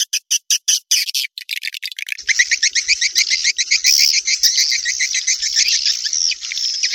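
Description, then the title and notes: Swiftlet calls beginning as spaced sharp clicks, then shifting into a fast, continuous series of buzzy chirps. Sound used for swiftlet farming in Asia. "Swiflet Bird Sound. Farming Swiflet Bird asia sound"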